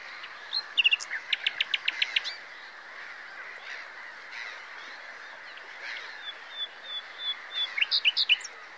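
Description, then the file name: Common nightingale song: a loud phrase of sharp, clicky repeated notes, then a quiet gap, then a second phrase of repeated notes. "Luscinia megarhynchos"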